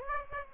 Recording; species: mosquito wingbeat signal from an infrared sensor; Aedes aegypti